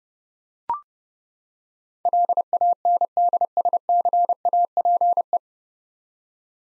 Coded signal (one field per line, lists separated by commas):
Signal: Morse code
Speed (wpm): 30 wpm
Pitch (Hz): 700 Hz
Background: none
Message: LANDSCAPE